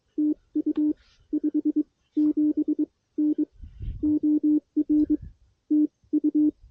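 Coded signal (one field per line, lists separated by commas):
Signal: Morse code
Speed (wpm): 22 wpm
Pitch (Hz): 300 Hz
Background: none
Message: TU 5 7 N OR TU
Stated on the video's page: Mountain Topper MTR3B QRP radio in the field for a POTA activation, sent with a paddle into a mini no-tune end-fed half-wave antenna.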